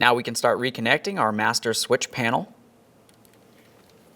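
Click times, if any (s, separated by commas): none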